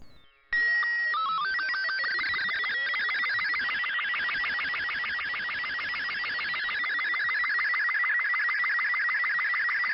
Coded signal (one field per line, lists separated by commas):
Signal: SSTV (slow-scan television)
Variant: Robot 36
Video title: (shortwave radio) [ full stream ] analog radio and ARGs